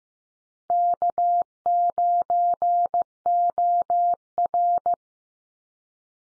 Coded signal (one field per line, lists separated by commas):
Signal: Morse code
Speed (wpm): 15 wpm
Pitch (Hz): 700 Hz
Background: none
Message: K9OR